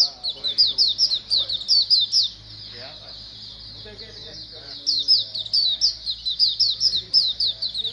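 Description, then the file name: White-eye flock calls, fast overlapping high chirps in bursts that pause for about two and a half seconds around the middle, over a low steady hum. A colony of white-eyes calling together. "suara pleci koloni omkicau"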